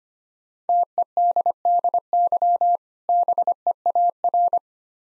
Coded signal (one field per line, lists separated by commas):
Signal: Morse code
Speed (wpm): 25 wpm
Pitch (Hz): 700 Hz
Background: none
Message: TEDDY BEAR